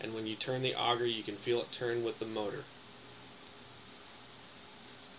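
Someone talks while handling the plastic auger of a frozen drink machine at the keyed front drive axle of its cooling cylinder. The talking stops at about 2.7 s, leaving a steady low background hiss with a faint tone to the end. Nothing has seated or clicked yet.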